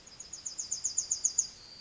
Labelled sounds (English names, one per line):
Yellowhammer song